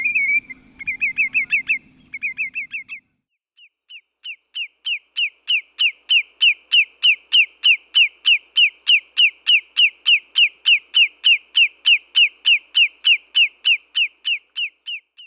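Lesser yellowlegs giving clear, sharp whistled notes in a fast, very regular series of about three per second, after a few quicker bursts over a low hum at the start.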